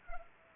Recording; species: mosquito wingbeat signal from an infrared sensor; Culex pipiens